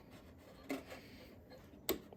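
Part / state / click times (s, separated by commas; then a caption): retaining clip onto a valve fitting inside an espresso machine / seated / 1.9 s. A metal retaining clip is put back onto a valve fitting inside a Breville Dual Boiler espresso machine during a Slayer mod install, after a tube has been pressed into the valve. A softer tap comes at about 0.7 s, then a sharp, bright pop at 1.9 s as the clip seats. The fitting is then snug.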